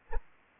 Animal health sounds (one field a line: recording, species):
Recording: mosquito wingbeat signal from an infrared sensor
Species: Anopheles arabiensis